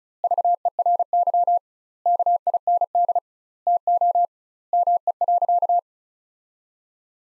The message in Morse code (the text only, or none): VERY KIND TO ME.